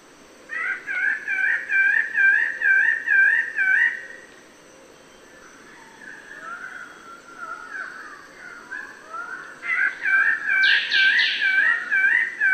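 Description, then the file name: Bird-of-paradise delivering two runs of wavering, harmonic notes at a steady pace, softer slurred notes between them, and a harsh rising burst near the end. "Canto-do-Pássaro-do-Paraíso"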